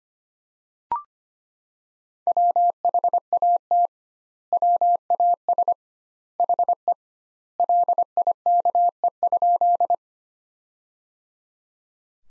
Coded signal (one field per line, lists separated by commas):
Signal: Morse code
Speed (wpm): 25 wpm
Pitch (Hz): 700 Hz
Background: none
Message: WHAT WAS HE LIKE?